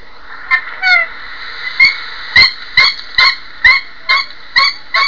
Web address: sounds Ne Ne